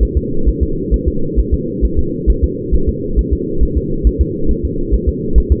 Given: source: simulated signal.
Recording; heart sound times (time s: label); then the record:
fetal heart sounds
0.03 s: S1
0.17 s: S2
0.49 s: S1
0.63 s: S2
0.94 s: S1
1.08 s: S2
1.39 s: S1
1.54 s: S2
1.85 s: S1
1.99 s: S2
2.30 s: S1
2.44 s: S2
2.75 s: S1
2.89 s: S2
3.19 s: S1
3.33 s: S2
3.63 s: S1
3.77 s: S2
4.07 s: S1
4.21 s: S2
4.51 s: S1
4.65 s: S2
4.94 s: S1
5.09 s: S2
5.38 s: S1
5.52 s: S2
From the record:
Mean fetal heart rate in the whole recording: 135 bpm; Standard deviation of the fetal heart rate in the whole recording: 3 bpm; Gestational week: 34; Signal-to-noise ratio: -8.1 dB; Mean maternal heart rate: 72 bpm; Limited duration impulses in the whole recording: absent